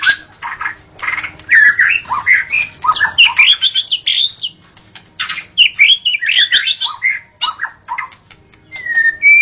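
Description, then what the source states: White-rumped shama song with dense bursts of varied warbling and chattering notes, broken by brief pauses and ending in a clear, slightly rising whistle. Wild forest bird; original natural song.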